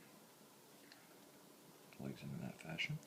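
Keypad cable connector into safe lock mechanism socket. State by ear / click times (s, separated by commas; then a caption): not seated / none. A keypad cable plug for an S&G Titan D-Drive electronic safe lock is held up to the lock mechanism socket and lined up before being plugged in, while someone talks. Only a faint tick is heard at about 0.9 s, and the connector has not seated or clicked yet.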